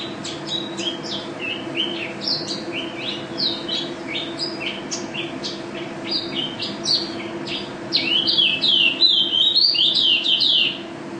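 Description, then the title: White-eye singing fast, bright chirps and slurred whistles, rising into a loud, continuous warbling run near the end, with a low hum beneath. Contest bird, first-place national champion, singing constantly in ropel style with canary song imitations (isian kenari); video from 2015. "Pleci Juara 1 Nasional pleci Gacor juara nasional teler gacor ropel pleci isian kenari Video 2015"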